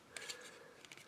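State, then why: Not seated. Two plastic parts of an Optimal Optimus action figure are fitted together during transformation; they are meant to snap together but never do. Only faint plastic handling ticks and rubbing are heard, near 0.2, 0.3 and 0.9 s. Nothing has snapped or clicked into place yet.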